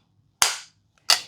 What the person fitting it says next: it clicks into place so securely.